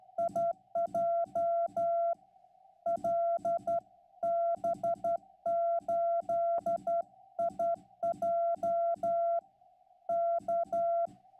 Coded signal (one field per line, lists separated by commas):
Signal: Morse code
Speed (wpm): 12 wpm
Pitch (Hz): 680 Hz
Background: none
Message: IJ LB8IJ K